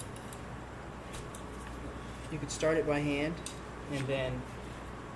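A steel fork seal circlip is positioned and started by hand in the fork slider of a Ducati 1098/848 Showa front fork during seal replacement, before being pushed down into its groove. Only light metal contact ticks are heard, near 0.0 s and 1.4 s, while someone talks. Nothing has seated or clicked yet.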